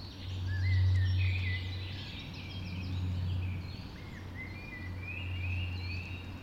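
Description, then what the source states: Birds in a dawn chorus, with many overlapping whistled phrases and chirps, some rising and some falling, above a droning low hum. Dawn chorus recorded just after dawn in the Forest of Dean.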